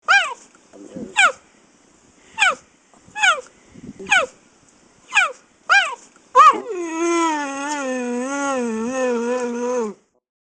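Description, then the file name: Cheetah chirping: a series of short, falling, bird-like chirps roughly every second, then a long, wavering, moaning call that lasts about three seconds. "Gepard"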